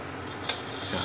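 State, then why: Seated. A four-pin plug, with only three pins in use, is pushed into the socket on the underside of a Jack Kaaj 781G buttonhole sewing machine during unboxing and setup. Against a low steady background, a single sharp click sounds at 0.5 s, and the plug is seated.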